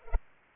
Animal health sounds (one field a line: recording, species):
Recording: mosquito wingbeat signal from an infrared sensor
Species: Culex pipiens